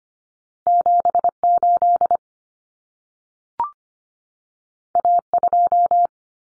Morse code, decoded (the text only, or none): 78 A2